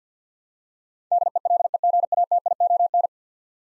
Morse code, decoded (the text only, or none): DELEGATION